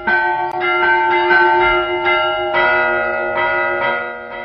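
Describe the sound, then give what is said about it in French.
A bell ringer, who also tends the clock, rings a church bell in a 1961 recording; it rings loudly and steadily, its rich harmonic tones overlapping as new strokes arrive roughly every half second, with a slight change of pitch midway through. No voices are heard. “Un sonneur aussi indispensable à ses concitoyens que les harmonies triomphales de sa cloche.”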